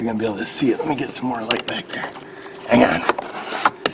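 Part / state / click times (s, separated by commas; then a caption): plastic hose quick-connect fitting onto an engine intake port / not seated / none. On a Chevy/GMC truck running lean (P0171 and P0174), someone talks while handling a plastic quick-connect hose fitting with a red release ring on the intake vacuum or PCV hose, at an engine intake port. Two brief sharp sounds occur near the end, at 3.7 s and 3.9 s. Nothing has seated or clicked in yet.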